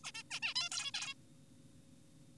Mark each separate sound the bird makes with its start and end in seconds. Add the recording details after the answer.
0.04-0.11, 0.15-0.23, 0.31-0.40, 0.42-0.54, 0.56-0.69, 0.72-0.91, 0.94-1.14. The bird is an adult. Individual g4p5U